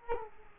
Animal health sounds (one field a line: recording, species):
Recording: mosquito wingbeat signal from an infrared sensor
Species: Culex quinquefasciatus